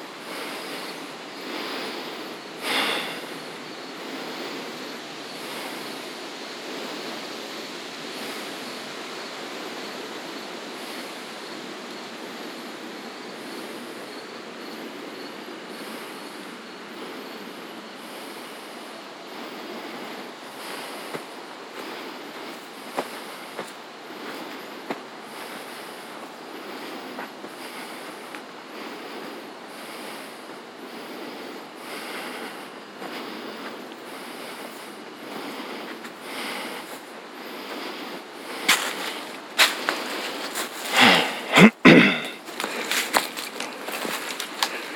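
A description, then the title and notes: A Michigan beach gives steady surf wash, with scattered short knocks and bumps growing busier and louder near the end. The ebbing waves of Lake Michigan. This session was recorded with the Zoom F3 and DPA Binaural headset. Classic Michigan beach sounds.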